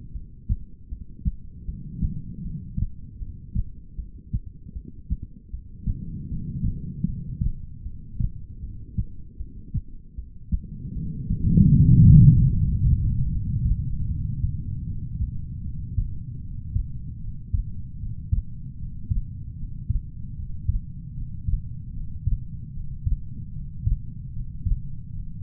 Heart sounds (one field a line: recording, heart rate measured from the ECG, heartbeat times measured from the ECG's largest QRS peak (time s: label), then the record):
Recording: heart sounds by stethoscope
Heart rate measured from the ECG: 77 bpm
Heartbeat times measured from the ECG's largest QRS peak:
0.12 s: heartbeat
0.89 s: heartbeat
1.65 s: heartbeat
2.42 s: heartbeat
3.19 s: heartbeat
3.96 s: heartbeat
4.73 s: heartbeat
5.50 s: heartbeat
6.28 s: heartbeat
7.05 s: heartbeat
7.83 s: heartbeat
8.60 s: heartbeat
9.37 s: heartbeat
10.15 s: heartbeat
10.93 s: heartbeat
11.71 s: heartbeat
12.50 s: heartbeat
13.29 s: heartbeat
14.06 s: heartbeat
14.84 s: heartbeat
15.62 s: heartbeat
16.40 s: heartbeat
17.19 s: heartbeat
17.98 s: heartbeat
18.77 s: heartbeat
19.56 s: heartbeat
20.35 s: heartbeat
21.14 s: heartbeat
21.92 s: heartbeat
22.72 s: heartbeat
23.52 s: heartbeat
24.31 s: heartbeat
25.11 s: heartbeat
From the record:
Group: heart failure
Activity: rest 0-13 s, breath hold 13-26 s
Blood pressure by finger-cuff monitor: 106/80 mmHg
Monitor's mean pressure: 91 mmHg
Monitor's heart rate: 77 bpm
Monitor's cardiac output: 4.5 L/min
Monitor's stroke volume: 57 mL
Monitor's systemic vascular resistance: 1480 dyn s/cm5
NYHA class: 2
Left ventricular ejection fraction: 58%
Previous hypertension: present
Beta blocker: bisoprolol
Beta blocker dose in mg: 5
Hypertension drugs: ramipril, spironolactone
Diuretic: furosemide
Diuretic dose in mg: 160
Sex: female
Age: 55 years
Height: 155 cm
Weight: 67 kg